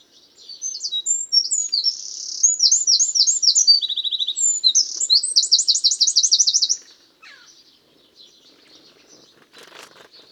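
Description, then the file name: Eurasian Wren singing a vigorous burst of high trills and a quick rattle for about six seconds, followed by faint background sounds. "Troglodytes troglodytes"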